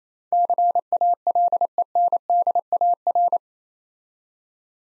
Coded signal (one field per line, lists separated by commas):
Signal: Morse code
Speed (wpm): 27 wpm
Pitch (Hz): 700 Hz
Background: none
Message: CALENDAR